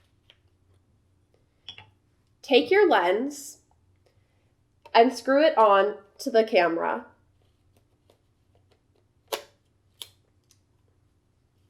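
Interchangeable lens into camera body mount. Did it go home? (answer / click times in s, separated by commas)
yes / 10.0 s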